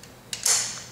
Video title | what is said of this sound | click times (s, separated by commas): Airlessco Sure Stripe 3650 Airless Line Striper Operation & Repair | this just snaps back in place, like so. | 0.3 s, 0.5 s